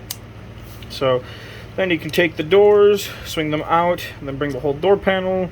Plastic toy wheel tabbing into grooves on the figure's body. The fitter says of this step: so do that on this side you'll hear it click